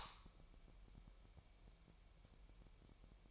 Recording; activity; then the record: daily activity, microphone in the room; light on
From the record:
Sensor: 1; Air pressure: 1001.9 hPa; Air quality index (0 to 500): 249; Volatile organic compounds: 53 ppm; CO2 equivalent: 3338 ppm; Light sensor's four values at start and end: 5/11/4/5 and 15/48/19/20